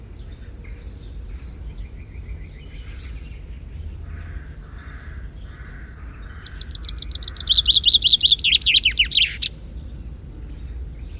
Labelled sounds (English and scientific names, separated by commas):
Common Chaffinch (Fringilla coelebs) song